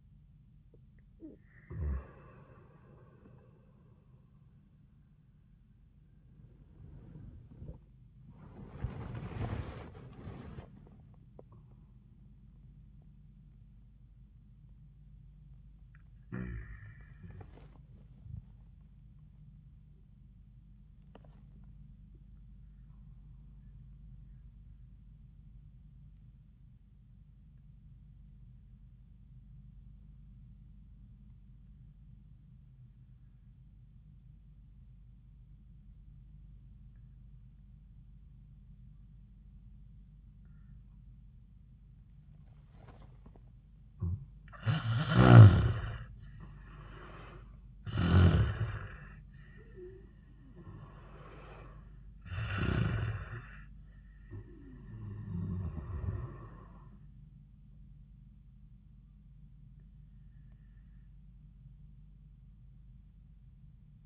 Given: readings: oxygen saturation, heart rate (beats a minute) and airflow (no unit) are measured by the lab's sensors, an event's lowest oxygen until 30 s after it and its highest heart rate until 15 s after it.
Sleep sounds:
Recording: breathing in sleep by a smartphone at the bedside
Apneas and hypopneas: 1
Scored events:
0.00-23.00 s: awake
19.00-64.06 s: new sleep stage, N1 (lightest sleep)
24.00-45.50 s: obstructive apnea (N1, oxygen 97% highest, then 76% lowest, heart rate 82 at the start, 86 highest)
From the record:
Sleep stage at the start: awake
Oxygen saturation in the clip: 77 to 97%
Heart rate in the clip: 69 to 88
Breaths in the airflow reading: 7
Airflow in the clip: -23.1 to 12.8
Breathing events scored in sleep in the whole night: 400 in 8.7 hours asleep

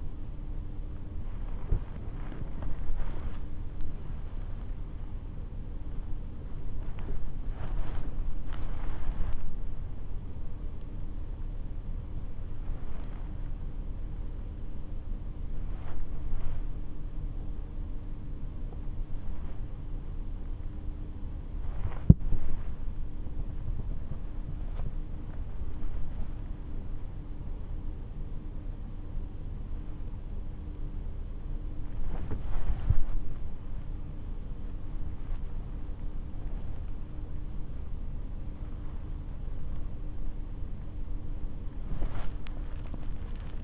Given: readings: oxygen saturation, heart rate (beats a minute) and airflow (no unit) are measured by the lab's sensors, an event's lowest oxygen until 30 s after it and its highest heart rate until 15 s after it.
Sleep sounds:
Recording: a person awake in a sleep study, by a smartphone at the bedside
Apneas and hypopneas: none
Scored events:
0.00-43.64 s: awake
From the record:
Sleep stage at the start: awake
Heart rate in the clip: 63 to 75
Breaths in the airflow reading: 17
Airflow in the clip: -0.6 to 0.7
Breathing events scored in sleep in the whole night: 304 in 5.6 hours asleep

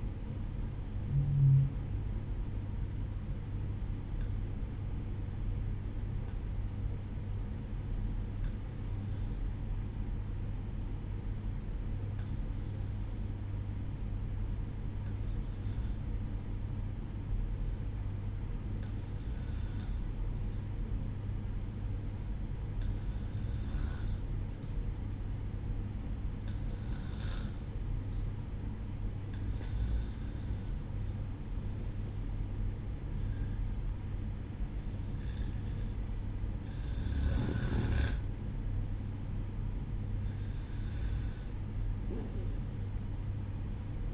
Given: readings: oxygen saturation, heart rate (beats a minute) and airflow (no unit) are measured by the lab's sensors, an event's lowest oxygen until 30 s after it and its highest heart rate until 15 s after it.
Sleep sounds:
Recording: breathing in sleep by a smartphone at the bedside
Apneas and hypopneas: 1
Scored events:
4.00-30.50 s: hypopnea (N1, oxygen 95% highest, then 92% lowest, heart rate 59 at the start, 65 highest)
9.00-44.14 s: new sleep stage, N2 (light sleep)
From the record:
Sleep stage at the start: N1 (lightest sleep)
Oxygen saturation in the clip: 92 to 95%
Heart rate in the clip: 59 to 65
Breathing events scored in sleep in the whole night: 305 in 9.6 hours asleep

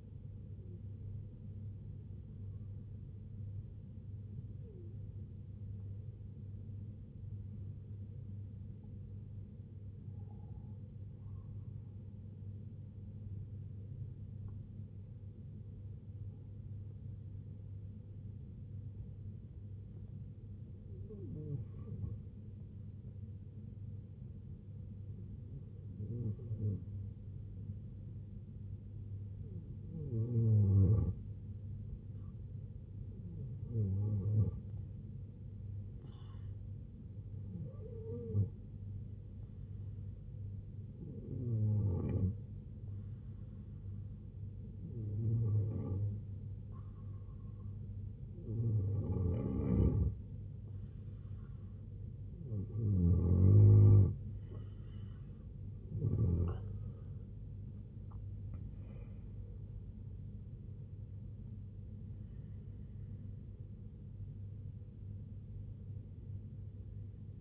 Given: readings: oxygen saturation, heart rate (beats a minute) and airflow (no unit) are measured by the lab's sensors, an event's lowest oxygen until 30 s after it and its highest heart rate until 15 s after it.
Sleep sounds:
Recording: breathing in sleep by a smartphone at the bedside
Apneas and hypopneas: 2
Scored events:
9.00-30.50 s: hypopnea (N1, oxygen 94% highest, then 87% lowest, heart rate 70 at the start, 81 highest)
19.00-49.00 s: new sleep stage, N2 (light sleep)
39.00-58.10 s: hypopnea (N2, oxygen 90% highest, then 85% lowest, heart rate 74 at the start, 95 highest)
49.00-67.41 s: new sleep stage, N1 (lightest sleep)
From the record:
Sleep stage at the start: N1 (lightest sleep)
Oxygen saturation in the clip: 85 to 94%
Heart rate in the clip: 66 to 95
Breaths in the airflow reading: 16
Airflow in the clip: -12.7 to 7.4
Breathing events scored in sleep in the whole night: 258 in 7.4 hours asleep

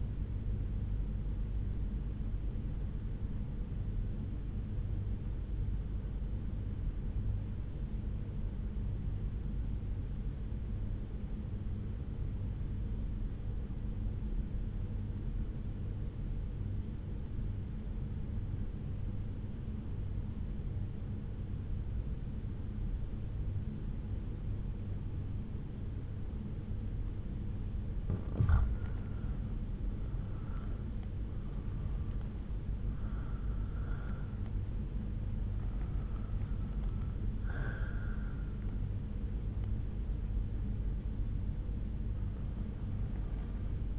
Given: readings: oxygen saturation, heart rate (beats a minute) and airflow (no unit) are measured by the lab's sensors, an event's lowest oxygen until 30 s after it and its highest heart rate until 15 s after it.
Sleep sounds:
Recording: breathing in sleep by a smartphone at the bedside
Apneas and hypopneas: 1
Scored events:
4.00-29.00 s: obstructive apnea (REM, oxygen 97% highest, then 81% lowest)
From the record:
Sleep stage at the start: REM sleep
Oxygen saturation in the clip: 84 to 97%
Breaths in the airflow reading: 3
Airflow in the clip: -8.7 to 8.0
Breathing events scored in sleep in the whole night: 368 in 8.0 hours asleep

